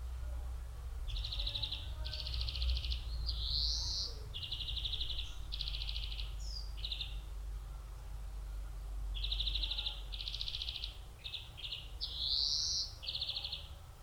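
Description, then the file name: European greenfinch song: buzzy trilled phrases around high pitch alternating with rising nasal wheezes, delivered in two bursts with a pause between, over steady low rumble. "Chloris chloris"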